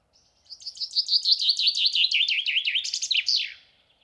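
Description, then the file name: Common chaffinch song: a bright series of descending trilled notes running about three seconds and ending in a sharp, downward-swept flourish. "Fringilla coelebs"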